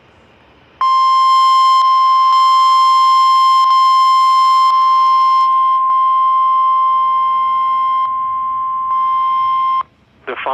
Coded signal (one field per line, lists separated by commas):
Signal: Emergency Alert System (SAME) tones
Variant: 1050 Hz attention tone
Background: speech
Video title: EAS Alerts (EAS 105-111) 4/15/23